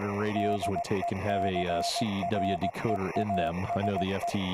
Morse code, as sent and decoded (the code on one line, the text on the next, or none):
-.. . -.-. .-. . .- ... .
DECREASE